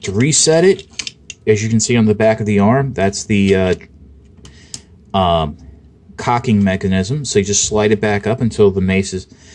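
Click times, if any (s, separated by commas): 4.4 s, 4.7 s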